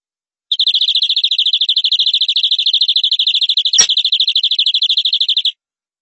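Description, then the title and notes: Canary trill: an extended, fast, metallic rolling trill at a constant high pitch for about five seconds, with a single brief click in the middle. "Suara Burung Kenari"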